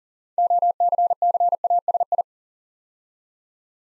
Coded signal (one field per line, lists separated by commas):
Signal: Morse code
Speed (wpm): 38 wpm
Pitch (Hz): 700 Hz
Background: none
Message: OCCASI